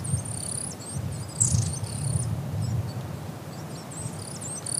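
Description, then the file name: Long-tailed tit contact calls: very high, thin trilled and wavering notes strung together almost continuously, with a low steady rumble of background noise. "enaga"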